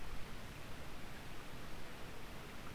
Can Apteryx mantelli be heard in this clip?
no